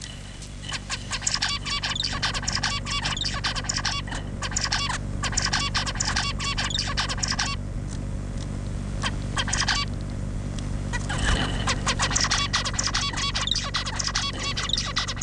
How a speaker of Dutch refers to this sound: Ja, deze doet dan geen menselijke geluiden na zoals die andere twee. Wat is dit dan? Dit is gewoon een zebravink die gewoon zijn eigen zebravinken liedjes zingt.